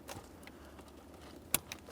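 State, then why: Seated. An ignition wiring harness connector for a 1994-1997 Honda Accord's ignition switch and lock cylinder assembly is pressed into the fuse panel, with the locking tab facing the rear of the vehicle. It seats with a sharp click at 1.5 s, followed by a fainter tick around 1.7 s over quiet background rustling, and the connector is locked in place.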